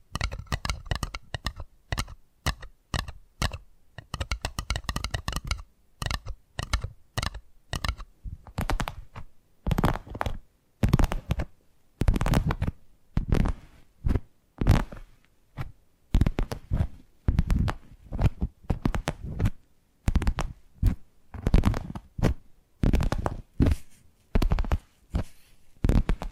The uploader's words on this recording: ASMR 10 Addictive Tapping Triggers. (No Talking).